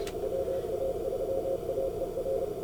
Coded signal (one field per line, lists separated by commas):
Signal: Morse code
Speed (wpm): 30 wpm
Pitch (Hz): 530 Hz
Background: none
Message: WA3AER